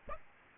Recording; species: mosquito wingbeat signal from an infrared sensor; Aedes aegypti